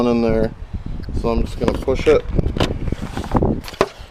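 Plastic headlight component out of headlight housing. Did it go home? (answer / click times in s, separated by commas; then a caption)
released / 3.8 s. Someone talks while pushing on the tabs of a plastic headlight component in a BMW headlight housing, fitting LED halos. The part pops out of the housing with a sharp snap at 3.8 s, and it is released.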